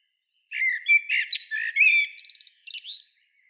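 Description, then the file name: Common blackbird gives one song phrase: rich low whistled notes followed by a thin, high, chattering flourish at the end. "Turdus merula"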